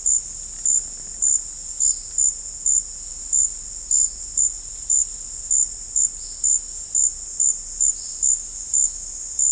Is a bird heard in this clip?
no